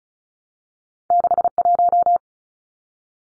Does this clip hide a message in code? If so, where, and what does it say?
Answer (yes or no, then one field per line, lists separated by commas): yes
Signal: Morse code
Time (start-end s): 1.1-2.2 s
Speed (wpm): 34 wpm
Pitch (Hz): 700 Hz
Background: none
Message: 61